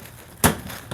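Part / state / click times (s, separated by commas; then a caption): plastic drain-pump access cover into the washer front panel / not seated / none. A small plastic drain-pump access cover is pushed back up into the front panel of a GE Profile 4.8 cu. ft. Smart UltraFast Electric Washer & Dryer Combo (M# PFQ97HSPV0DS) after the drain pump filter has been tightened. A loud knock sounds at 0.4 s, followed by a softer knock near 0.9 s. The clip fails to catch and nothing has seated or clicked yet.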